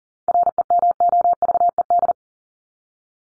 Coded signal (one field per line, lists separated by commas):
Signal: Morse code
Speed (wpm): 40 wpm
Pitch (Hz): 700 Hz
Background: none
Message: REMOVED